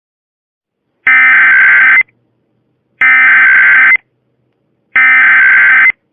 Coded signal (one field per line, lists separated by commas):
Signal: Emergency Alert System (SAME) tones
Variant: header bursts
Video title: EAS Request - EF6 Tornado